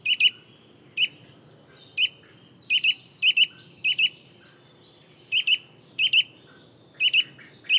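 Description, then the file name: Eurasian nuthatch uttering short, bright call notes, singly or doubled, repeating steadily about once a second above a quiet low hum. "Sitta europaea"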